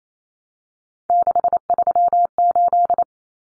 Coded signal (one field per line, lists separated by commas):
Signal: Morse code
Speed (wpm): 28 wpm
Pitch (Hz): 700 Hz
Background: none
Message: 638